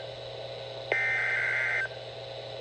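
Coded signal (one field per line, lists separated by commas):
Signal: Emergency Alert System (SAME) tones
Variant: header bursts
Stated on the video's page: Two High Wind Warnings; the WR120 weather radio did not activate on the second, being set to a single county for SAME codes.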